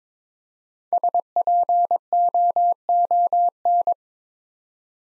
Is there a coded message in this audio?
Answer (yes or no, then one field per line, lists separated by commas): yes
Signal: Morse code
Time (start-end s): 0.9-3.9 s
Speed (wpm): 22 wpm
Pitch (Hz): 700 Hz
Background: none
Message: SPOON